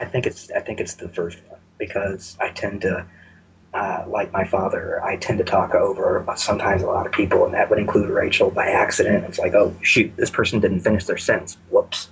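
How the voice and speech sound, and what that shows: An adult man speaks in normal, fluent conversational speech, explaining that he tends to talk over people, a habit he shares with his father.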